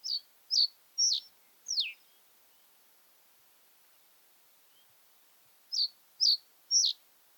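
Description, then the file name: Common reed bunting uttering a run of four sharp high descending notes, a pause of several seconds, then three more. "common reed bunting - emberiza schoeniclus"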